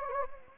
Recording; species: mosquito wingbeat signal from an infrared sensor; Anopheles gambiae